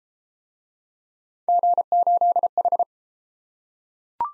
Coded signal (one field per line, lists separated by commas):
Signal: Morse code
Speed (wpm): 27 wpm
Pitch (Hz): 700 Hz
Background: none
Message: G8H